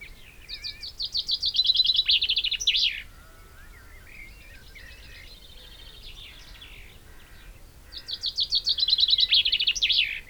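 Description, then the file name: Common chaffinch song: two rapid trilled phrases ending in flourishes, a few seconds apart, with faint background birdsong between them. "Fringilla coelebs"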